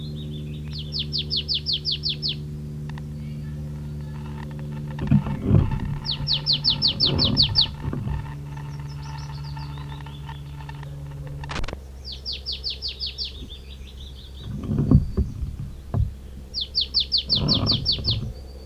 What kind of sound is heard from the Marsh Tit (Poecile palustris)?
song